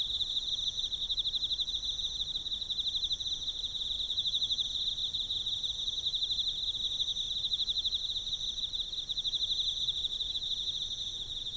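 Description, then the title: Emma field cricket song: a long, steady stream of fast high pulses, joined by quieter, even higher insect buzzing. Recorded with a ZOOM F6 recorder and a Sennheiser MK microphone. "エンマコオロギ"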